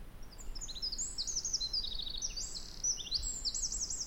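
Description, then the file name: Eurasian wren song, a fast stream of high, sharp chirps and trills running through most over a low background rumble. "Troglodytes troglodytes"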